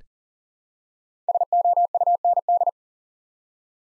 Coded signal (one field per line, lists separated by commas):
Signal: Morse code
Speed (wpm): 40 wpm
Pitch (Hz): 700 Hz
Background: none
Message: SOUND